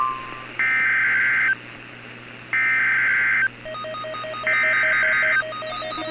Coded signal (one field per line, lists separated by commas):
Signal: Emergency Alert System (SAME) tones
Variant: header bursts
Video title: EAS MOCK: Nebraska Amber Alert (6/13/21)